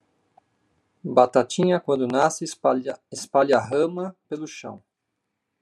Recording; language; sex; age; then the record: short text; Brazilian Portuguese; male; 50 to 59 years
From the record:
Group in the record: control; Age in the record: 58 years